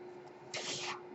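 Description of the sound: Steady low machine hum with a brief airy hiss: a home mechanical ventilator delivering a breath.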